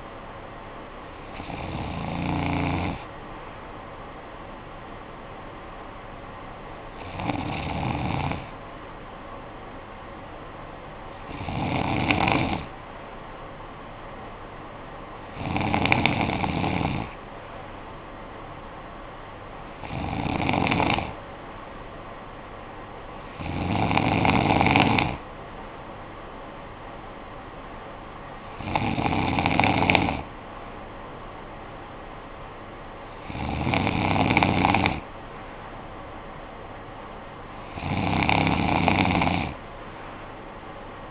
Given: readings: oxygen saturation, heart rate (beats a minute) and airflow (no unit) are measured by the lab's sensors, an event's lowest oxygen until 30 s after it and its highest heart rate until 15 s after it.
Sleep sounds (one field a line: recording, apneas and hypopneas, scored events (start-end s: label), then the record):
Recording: breathing in sleep by a voice recorder at the bedside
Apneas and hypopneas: none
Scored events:
none scored
From the record:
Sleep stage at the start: N2 (light sleep)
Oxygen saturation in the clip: 94 to 95%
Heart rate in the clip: 51 to 56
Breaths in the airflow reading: 9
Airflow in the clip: -9.5 to 6.6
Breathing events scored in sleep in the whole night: 445 in 7.6 hours asleep